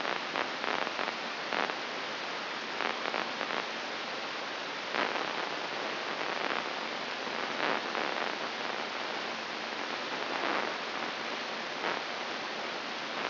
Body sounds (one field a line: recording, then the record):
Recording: brain microelectrode recording played as sound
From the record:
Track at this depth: inside the subthalamic nucleus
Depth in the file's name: 4.14 mm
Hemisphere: right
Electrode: 3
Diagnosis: Parkinson's disease